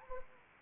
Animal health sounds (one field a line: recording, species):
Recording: mosquito wingbeat signal from an infrared sensor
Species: Anopheles arabiensis